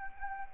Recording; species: mosquito wingbeat signal from an infrared sensor; Anopheles arabiensis